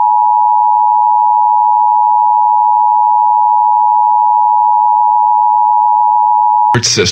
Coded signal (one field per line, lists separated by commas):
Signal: Emergency Alert System (SAME) tones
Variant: 853 and 960 Hz attention tone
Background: speech